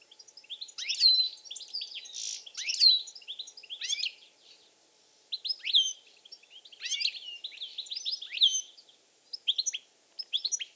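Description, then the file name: European goldfinch song, bursts of bright liquid twittering with rising and falling slurred notes, separated by short pauses throughout. "Carduelis carduelis"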